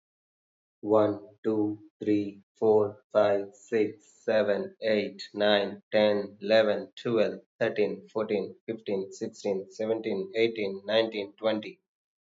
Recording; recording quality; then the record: counting at a normal pace; excellent, no background noise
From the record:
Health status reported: healthy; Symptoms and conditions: none ticked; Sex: male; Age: 29 years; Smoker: not ticked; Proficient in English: yes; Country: India